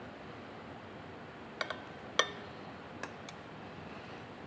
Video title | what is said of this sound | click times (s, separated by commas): Craftmade Prost 144 ceiling fan assembly | It's the nice thing about the Molex connectors. They just go and click into place. | 2.2 s